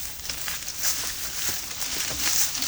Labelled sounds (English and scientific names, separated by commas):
none